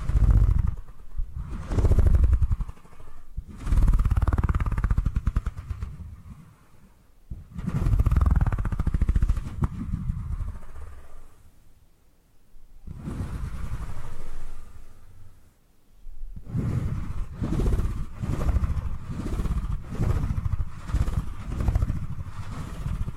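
Low rumbling purring comes in long rough bursts, with quiet gaps near 7, 11 and 16 seconds. After about 16 seconds it turns into a faster, regular pulsing of short purrs, roughly two per second, each with a soft breathy edge.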